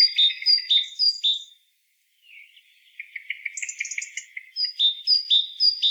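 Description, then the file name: Great tit calls: sharp high two-part notes, then a short gap and a dry buzzy chatter with a brief high trill, ending in repeated ringing phrases. "Parus major"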